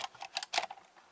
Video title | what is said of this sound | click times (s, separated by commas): DISNEY TOY STORY BUZZ LIGHTYEAR TURBO SUIT w/ LAUNCHING FIST ACTION FIGURE TOY REVIEW | and to reload it simply just put it back right here in this hole until you hear a click | 0.4 s